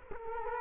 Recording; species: mosquito wingbeat signal from an infrared sensor; Culex quinquefasciatus